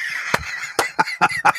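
A rapid run of about five short, harsh, explosive coughs in roughly one and a half seconds from an adult man, with a faint steady hiss in the background. This is a persistent cough that continues despite taking Mucinex Fast Max DM every 4 hours.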